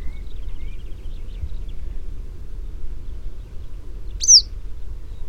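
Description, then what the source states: Yellow wagtail giving one sharp, high slurred call near the end, after faint thin chirps, over a low steady rumble. British subspecies.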